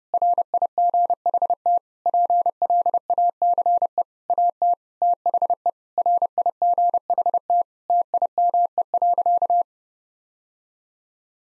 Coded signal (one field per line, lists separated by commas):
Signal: Morse code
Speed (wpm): 30 wpm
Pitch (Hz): 700 Hz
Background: none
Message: RIGHT PLACE AT THE RIGHT TIME.